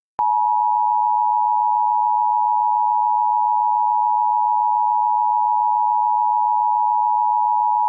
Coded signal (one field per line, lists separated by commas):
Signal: Emergency Alert System (SAME) tones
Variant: 853 and 960 Hz attention tone